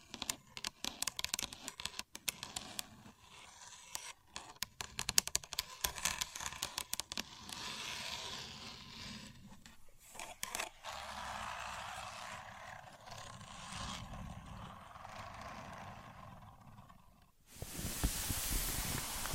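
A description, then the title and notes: A contour gauge being used, with rapid clicking and scraping ticks through the first ten seconds as its pins shift. A softer, steadier rustling scrape follows, and near the end a loud, bright hiss takes over abruptly and continues to the finish. Using A Contour Gauge (No Talking).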